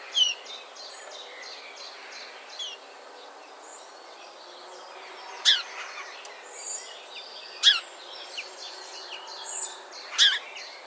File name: Passer domesticus